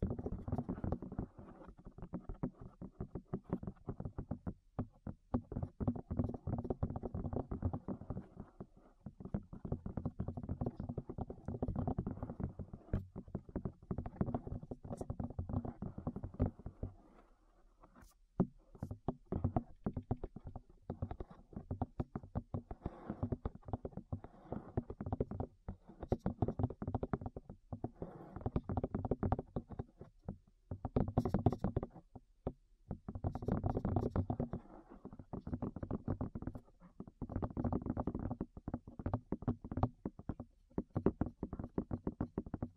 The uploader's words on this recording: ASMR Tap Your Ears 3Dio (No Talking).